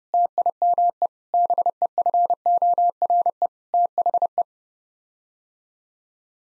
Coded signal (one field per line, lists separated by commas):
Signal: Morse code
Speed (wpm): 32 wpm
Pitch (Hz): 700 Hz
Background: none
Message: TIME BEFORE THE